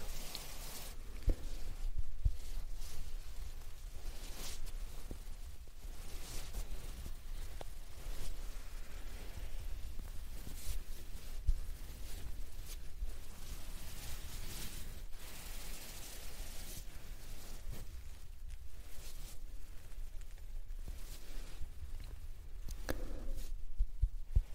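Soft fabric rubbing and brushing against a pillow, with a steady low rumble underneath. Light taps and sharper clicks pop up irregularly throughout, a little denser near the start and end, while the rustling swells and fades in slow waves.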